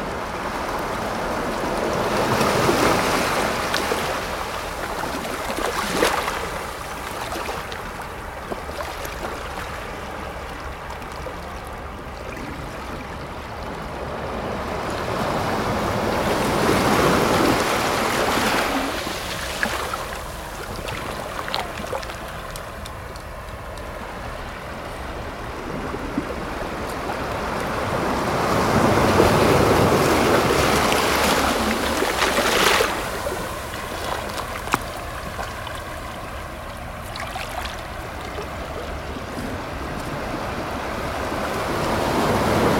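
Waves wash onto the shore in slow, rolling swells, each one building to a hissing crest around 3, 17 and 30 seconds before drawing back. Between surges a steady low rush of water continues, full, with the surf rising again near the end.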